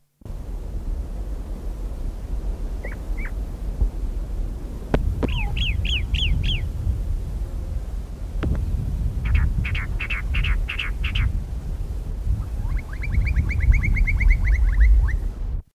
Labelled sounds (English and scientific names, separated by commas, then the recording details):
Chalk-browed Mockingbird (Mimus saturninus) song
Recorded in the wild
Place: Córdoba, AR
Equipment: Halbspur, 9,5 cm/s
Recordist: Lütgens, Hans
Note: Gesang